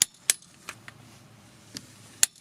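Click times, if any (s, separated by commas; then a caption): 0.0 s, 2.2 s. A torque wrench set to 110 Nm finishes tightening a car wheel nut that was first run on with an impact wrench. Sharp metallic clicks ring out at 0.0, 0.3, 1.8, 2.2 and 2.5 seconds over a faint low hum. The wrench clicks at its set torque at 0.0 and 2.2 seconds.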